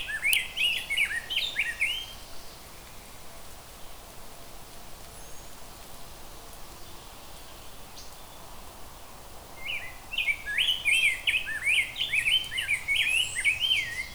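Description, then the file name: Rose-breasted grosbeak song: an opening warbled phrase, a long quiet gap, then a renewed string of rich, rapid whistled notes in the final seconds. "Rose Breated Grosebeak"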